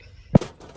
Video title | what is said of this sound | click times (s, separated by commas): Living in my car - baking bread in the Coleman stove top oven! #chowder #bread #sealions #seaside | yeah so it kind of opens up and then it's got the lid snaps in place and it's got this thing | 0.4 s